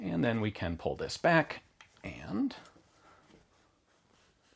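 The steel folding bayonet on a PSA "Spiker," a clone of the Chinese Type 56 AK rifle, is pulled back out of its retaining slot on the underside of the handguard and swung toward its extended position. Someone talks for the first few seconds, followed by quiet handling noises. The bayonet has not yet locked in place, and no click is heard.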